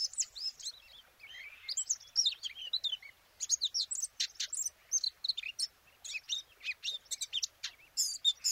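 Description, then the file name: Eurasian blackcap warbling: rapid mixed chirps and slurred high notes in a steady flowing stream with a few short breaks. "Sylvia atricapilla"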